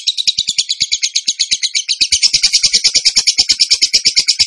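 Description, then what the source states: Bird song: an unbroken rapid trill of sharp, repeated pulses, continuing throughout. Masteran training recording of bird song in the tembakan gacor style.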